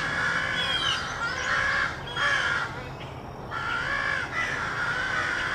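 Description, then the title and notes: Crows cawing in rough, drawn-out bursts with short gaps, over a constant low background hum. Rowdy crows cawing loudly in treetops in an urban park just after sunrise, with morning traffic; made while out with a camera. "Field Recording: The Wild and Raucous Sounds of Crows Cawing in the Treetops. a field recording of rowdy crows loudly cawing in the treetops amidst the sounds of other birds -- and since this was recorded in an urban park -- also you may hear the sounds of morning traffic"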